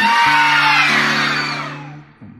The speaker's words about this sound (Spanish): Era una noche oscura y tenebrosa. Me encontré con una casa abandonada. Se oían gritos. Mal. Se oían gritos.